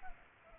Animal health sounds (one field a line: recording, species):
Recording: mosquito wingbeat signal from an infrared sensor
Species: Culex pipiens